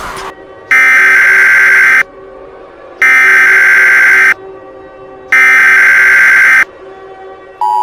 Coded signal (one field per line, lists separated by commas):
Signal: Emergency Alert System (SAME) tones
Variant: header bursts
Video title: Southwest Invasion: An EAS Mock